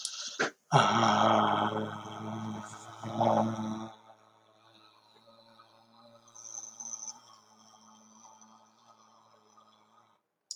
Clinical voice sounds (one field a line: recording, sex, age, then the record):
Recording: vowel held as long as possible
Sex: male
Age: 50 to 59 years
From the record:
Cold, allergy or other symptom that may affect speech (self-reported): no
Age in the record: 50 years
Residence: Minnesota, United States